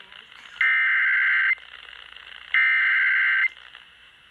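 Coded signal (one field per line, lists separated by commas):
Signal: Emergency Alert System (SAME) tones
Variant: header bursts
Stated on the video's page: Flash flood warning relayed on 96.1 FM and 1020 AM.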